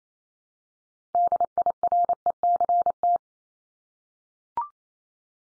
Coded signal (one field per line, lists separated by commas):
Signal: Morse code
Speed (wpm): 28 wpm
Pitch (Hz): 700 Hz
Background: none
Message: DIRECT